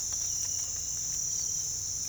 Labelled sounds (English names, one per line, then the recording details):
none
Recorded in pastures near Puerto Asís, Putumayo, Colombia, on 22 December 2024 at 06:00
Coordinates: 0.487, -76.322
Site GP09